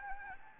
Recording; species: mosquito wingbeat signal from an infrared sensor; Anopheles gambiae